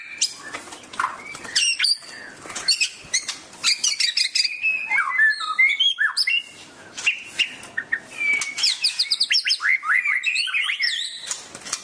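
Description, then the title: Oriental magpie-robin song, a busy, varied sequence of sharp chirps, whistled slurs and fast clicking trills, bursts separated by brief quiet moments. "Kicau Kacer"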